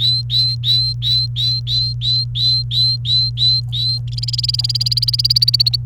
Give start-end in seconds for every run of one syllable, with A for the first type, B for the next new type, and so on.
0.00-3.98 A, 4.08-5.76 B